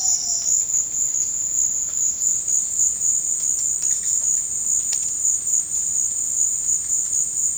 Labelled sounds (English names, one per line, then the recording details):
Crested Oropendola
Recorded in dense forest near Puerto Asís, Putumayo, Colombia, on 18 February 2024 at 14:00
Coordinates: 0.472, -76.329
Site G6394